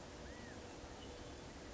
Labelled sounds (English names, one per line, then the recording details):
California Quail
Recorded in Sonoma County, California